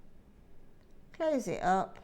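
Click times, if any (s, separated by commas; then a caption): none. A twisted metal jump ring that came open is put back on a jewellery piece and closed up by hand so its two cut ends meet. Faint quiet handling is heard for about a second before someone talks. The ring has not clicked closed yet.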